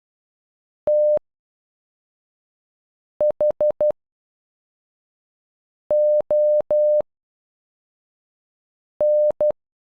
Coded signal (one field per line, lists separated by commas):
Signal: Morse code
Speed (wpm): 11 wpm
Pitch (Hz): 600 Hz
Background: none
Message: T H O N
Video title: Anthony in Morse code